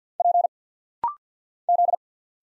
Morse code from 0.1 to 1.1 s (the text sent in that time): P